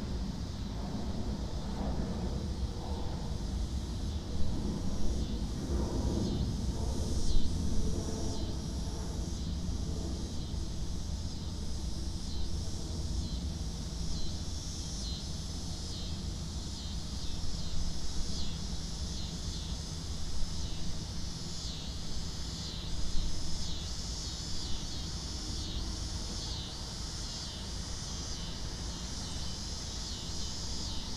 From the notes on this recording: Overflow Parking Lot 1 at Charlotte Douglas International Airport. Featuring cicadas, a creaky gate, and airplanes overhead.